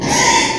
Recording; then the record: squeal of a Yucatan mini pig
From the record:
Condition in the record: before surgery on the right vocal fold (resection and tissue-engineered implant); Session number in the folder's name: 1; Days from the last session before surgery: -3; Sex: male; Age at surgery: 12 weeks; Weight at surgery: 13 kg